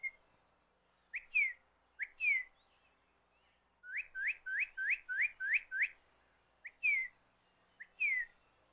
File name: Cardinal-Quick Sounds